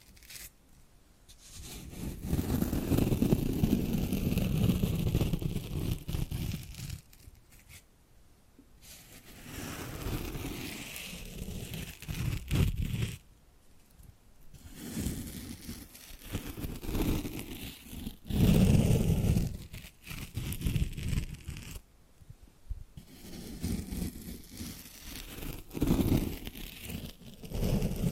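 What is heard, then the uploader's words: Scratching and rubbing on a surface comes in long, dense bursts with short silent gaps, strongest around the start and near nineteen seconds. ASMR Hypnotic Tapping and Scratching Sounds.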